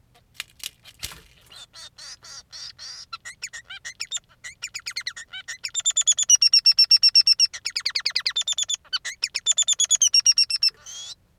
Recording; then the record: song of a male Bengalese finch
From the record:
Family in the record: son of father 3